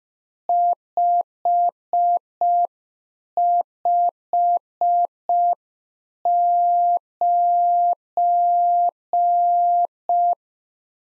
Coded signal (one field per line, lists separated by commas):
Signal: Morse code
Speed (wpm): 5 wpm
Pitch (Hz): 700 Hz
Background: none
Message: 559